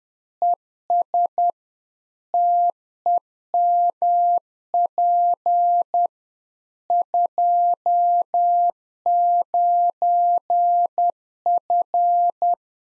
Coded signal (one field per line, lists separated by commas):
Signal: Morse code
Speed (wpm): 10 wpm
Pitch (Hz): 700 Hz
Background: none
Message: ES TEMP 29F